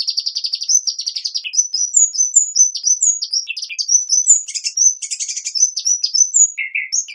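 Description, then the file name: Hummingbird: bird song, a rapid varied stream of high squeaky chirps, short trills and thin whistled notes, with a lower buzzy note near the end. "Ptichka kolibri - Penie"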